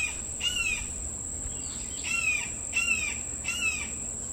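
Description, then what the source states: Red-shouldered hawk giving a series of clear, down-slurred squealing calls, several in quick succession with short gaps, over a steady high-pitched tone. Juvenile that has taken up residence at a neighborhood porch in Tuscaloosa, Alabama.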